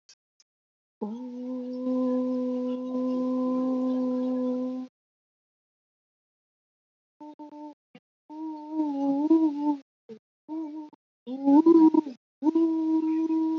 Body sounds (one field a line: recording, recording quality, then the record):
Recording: sustained vowel as in boot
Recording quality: excellent, no background noise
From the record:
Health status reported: healthy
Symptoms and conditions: fever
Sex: female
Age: 20 years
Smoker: not ticked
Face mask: not worn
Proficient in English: yes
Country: India